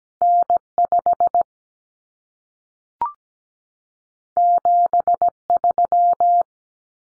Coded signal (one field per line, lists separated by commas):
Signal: Morse code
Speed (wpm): 17 wpm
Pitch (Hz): 700 Hz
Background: none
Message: N5 73